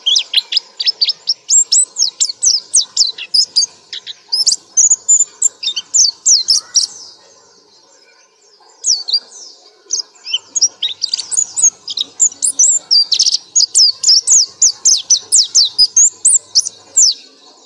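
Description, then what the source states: Nightingale giving a long run of rapid, repeated high sweeping notes, breaking off for a pause midway before the fast chattering phrases resume. Masteran recording, made for bird keepers to play to caged songbirds so they learn to sing melodiously.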